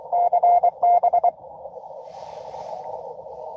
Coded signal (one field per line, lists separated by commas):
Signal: Morse code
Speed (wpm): 24 wpm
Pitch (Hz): 700 Hz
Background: none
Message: CB